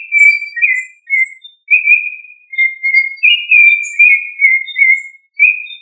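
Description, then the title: Thrush delivering melodious whistled phrases, varied slurs and short dips, repeated in quick succession. "Familia Turdidae - Sabia"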